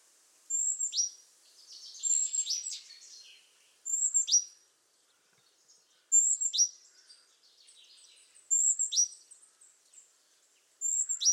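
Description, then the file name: Great tit phrases: a piercing high note followed by a note dropping steeply in pitch, repeated about every two seconds, with soft twittering in the gaps. "Parus major"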